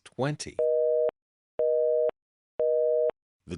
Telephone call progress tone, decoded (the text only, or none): busy tone